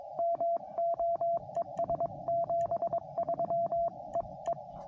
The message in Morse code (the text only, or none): MO ES 73 E E